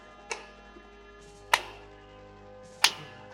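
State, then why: Seated. Plastic vine handles are pressed onto a toy playset bridge, their pegs popping into the holes underneath. Three sharp plastic ticks sound at 0.3, 1.5 and 2.8 seconds, one per peg, over a quiet steady background hum. Each handle pops into place and is seated.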